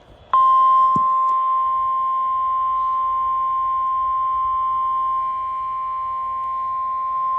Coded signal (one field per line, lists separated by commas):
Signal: Emergency Alert System (SAME) tones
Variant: 1050 Hz attention tone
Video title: (EAS #505) Severe Thunderstorm Warning for Columbia and Dane, Wisconsin